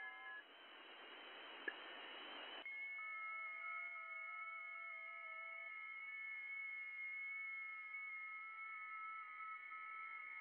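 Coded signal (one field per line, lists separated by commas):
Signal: FT8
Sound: brief hiss, then several overlapping steady tones stepping gently in pitch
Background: radio static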